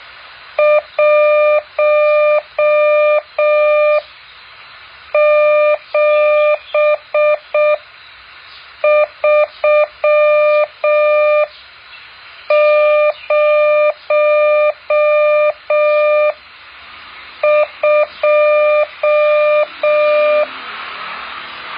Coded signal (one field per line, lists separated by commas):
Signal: Morse code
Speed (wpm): 6 wpm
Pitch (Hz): 600 Hz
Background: none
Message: 17302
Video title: แบบฝึกหัด Morse code 8.4